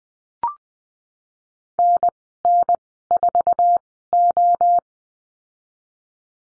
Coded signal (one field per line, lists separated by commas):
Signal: Morse code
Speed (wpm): 20 wpm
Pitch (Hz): 700 Hz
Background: none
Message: NN4O